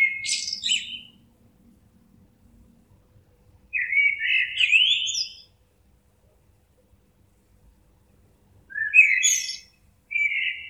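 Bird song in bursts of chirpy, warbled high notes with twittering trills, separated by gaps of silence.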